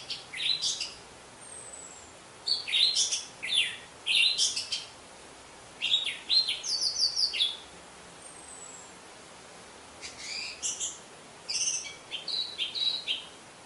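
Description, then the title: Orange-headed thrush song: bursts of varied, high, scratchy and whistled phrases with short pauses between them, some notes sliding down, over a quiet hiss. "Anis Merah"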